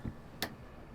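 A motorhome window is pushed open and the ratchet on its window stay clicks into its first holding position at 0.4 s. The sharp, bright click stands out against a quiet background, after a brief low thump near the start. The stay holds the window out.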